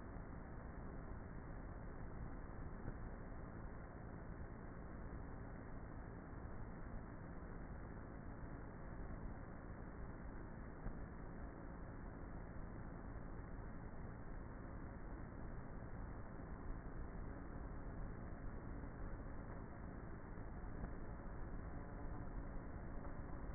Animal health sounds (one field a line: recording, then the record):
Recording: honeybee colony, microphone inside the hive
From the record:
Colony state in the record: queenless with a low population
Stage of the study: before two queens were removed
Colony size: about 30,000 bees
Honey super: no